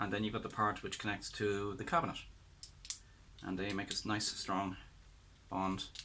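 Someone talks while handling the two halves of a magnetic cabinet catch, the door part and the cabinet part, bringing the door half toward the cabinet half by hand. A few brief, light handling sounds occur around 2.6 to 2.9 seconds between the talking. Nothing has seated or clicked yet; the clip ends just before the part goes home.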